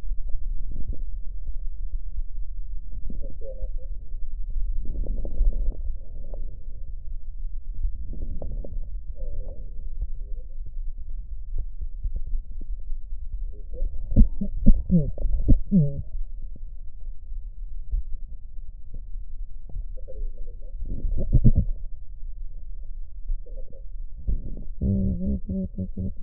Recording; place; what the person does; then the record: lung sounds by stethoscope; left posterior basal chest; quiet breathing, then cough and speech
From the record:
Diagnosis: COPD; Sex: female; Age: 72 years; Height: 156 cm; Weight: 72 kg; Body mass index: 29.6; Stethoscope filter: extended mode